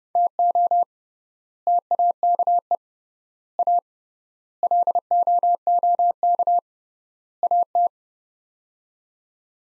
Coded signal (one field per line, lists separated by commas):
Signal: Morse code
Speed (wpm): 30 wpm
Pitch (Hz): 700 Hz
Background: none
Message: TO TAKE A LOOK AT